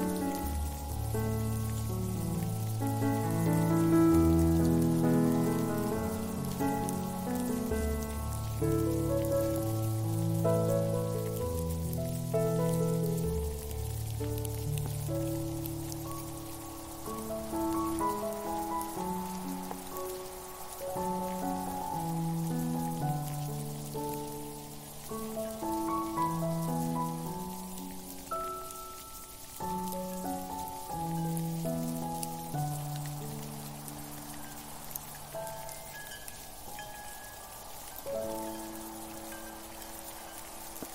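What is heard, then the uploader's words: Slow, gentle piano music plays throughout, with warm low chords held under a soft melody that moves in unhurried steps. A steady, faint hiss like light falling rain sits behind the playing, and the music eases slightly quieter after the opening. Piano music with winter feeling. Snow fall. Winter village ambience.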